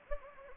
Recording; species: mosquito wingbeat signal from an infrared sensor; Anopheles gambiae